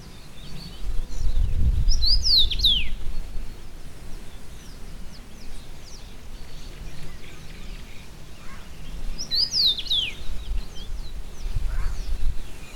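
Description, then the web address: Common rosefinch song: two short phrases of clear, slurred whistles sweeping downward, several seconds apart, with steady low wind rumble. Recorded in Brandenburg in 2012. "Brandenburg 2012 Roodmus"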